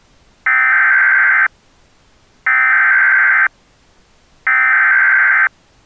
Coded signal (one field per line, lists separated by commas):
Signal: Emergency Alert System (SAME) tones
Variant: header bursts